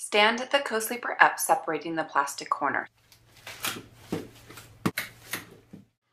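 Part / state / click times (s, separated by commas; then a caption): top rail of a bassinet/co-sleeper frame locking into its corner joint / seated / 4.9 s, 5.0 s. Someone talks, then pulls up the plastic corner to raise the top rail of the metal frame of an Arm's Reach Mini Arc Convertible Co-Sleeper (Ideal model) with some soft handling noises. The top bar snaps into its locked position in the corner joint with sharp clicks at 4.9 s and 5.0 s, leaving it locked and secure.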